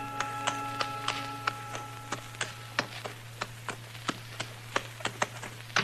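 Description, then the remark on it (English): A ridden horse's hooves clip-clop in a steady, even rhythm as the rider approaches, sharp knocks about three per second, over a low continuous hum, with a faint sustained tone fading out early on. “And that's when I saw the stranger riding up from the way I'd come.”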